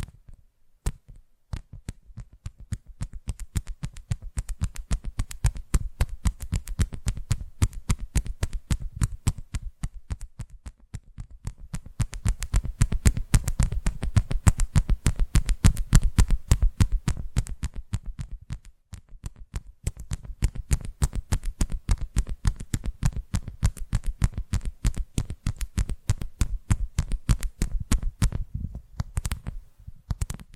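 Rapid tapping runs through the whole clip, a dense stream of sharp clicks with a dull low thump under each. Intensity swells around the middle, drops off briefly near nineteen seconds, then resumes at a steady quick pace until the end.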